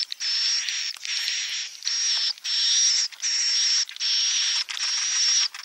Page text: Suara Burung Walet sufar sinar 77 Suara Panggil, Suara Inap Dan Tarik